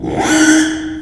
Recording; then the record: squeal of a Yucatan mini pig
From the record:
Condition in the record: after surgery on the right vocal fold (resection and tissue-engineered implant); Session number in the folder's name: 3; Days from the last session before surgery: 33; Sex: male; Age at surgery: 12 weeks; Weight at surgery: 13 kg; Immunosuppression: cyclosporine, prednisolone